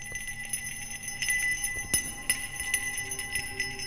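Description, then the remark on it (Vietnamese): A small hand bell shaken in irregular jangles, its bright metallic tones ringing and overlapping continuously at a moderate level, with no voices. “Lão chọc đầu mở mắt, tiếp tục nghiến răng, lắc chuông.”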